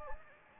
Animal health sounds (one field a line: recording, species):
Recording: mosquito wingbeat signal from an infrared sensor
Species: Anopheles gambiae